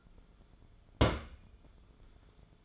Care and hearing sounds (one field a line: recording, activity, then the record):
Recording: daily activity, microphone in the room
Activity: place on stove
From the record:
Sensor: 5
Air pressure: 1010.3 hPa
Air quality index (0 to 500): 113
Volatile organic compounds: 2 ppm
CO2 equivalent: 1112 ppm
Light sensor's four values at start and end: 550/1399/580/664 and 586/1471/613/708